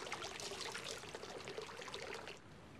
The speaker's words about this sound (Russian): Отложив книгу, погружается в воду.